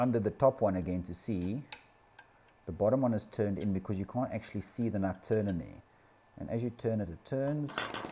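While assembling the frame of a Creality Ender 3 3D printer, a drop-in T-nut is handled and turned inside an aluminium extrusion slot so it will lock in place, with a faint metallic tick at about 2.2 s. Someone talks throughout. The clip ends before the nut goes home, so nothing has seated or clicked yet.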